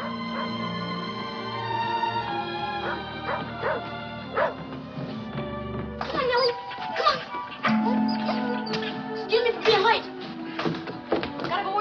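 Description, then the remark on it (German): A dog barks and yips in a quick, uneven series of sharp bursts, following a stretch of steady, humming tones, with a few softer whimpering sounds mixed in. “Ihr Sohn Ted kommt mit seinem Hund nach Hause.”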